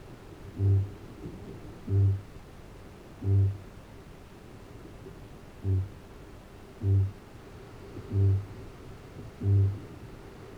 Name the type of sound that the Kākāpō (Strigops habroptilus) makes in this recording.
boom